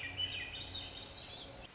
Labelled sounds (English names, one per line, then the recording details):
Swainson's Thrush
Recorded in Sonoma County, California